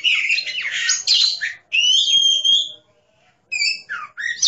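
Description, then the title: Oriental magpie-robin giving loud, clear whistled phrases mixed with scratchy notes, broken by a short silent pause before more sweet whistles. "Kacer"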